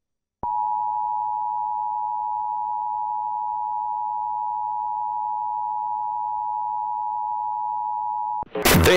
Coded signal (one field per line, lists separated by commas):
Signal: Emergency Alert System (SAME) tones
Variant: 853 and 960 Hz attention tone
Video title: Emergency Alert System